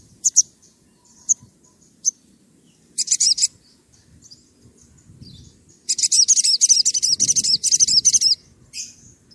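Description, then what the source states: Oriental magpie-robin song: scattered sharp high notes, then a short burst and a longer run of fast, squeaky repeated notes, over a faint low rumble. Gacor (actively singing) bird; recording used as a lure to provoke other magpie-robins into answering.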